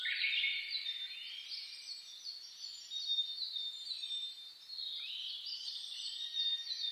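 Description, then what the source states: Birds in a dense dawn chorus, with high, bright twittering and sliding whistled notes overlapping without pause. Dawn chorus (reimei) birdsong (saezuri), recorded 10 May 2010.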